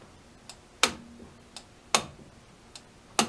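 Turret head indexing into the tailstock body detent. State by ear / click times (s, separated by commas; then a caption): seated / 0.8 s, 2.0 s, 3.2 s. The lever on a lathe turret tailstock is pressed and the metal turret head is rotated to each station, indexing into the tailstock body detent. Each time, a faint tick comes just before a sharp metallic click as it snaps into position at 0.8, 2.0 and 3.2 seconds. The turret locks in place at each station.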